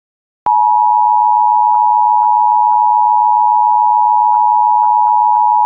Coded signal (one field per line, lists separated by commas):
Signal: Emergency Alert System (SAME) tones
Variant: 853 and 960 Hz attention tone